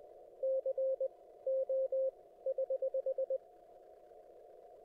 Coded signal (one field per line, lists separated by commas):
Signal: Morse code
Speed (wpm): 24 wpm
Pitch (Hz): 530 Hz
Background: radio noise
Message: C O <HH>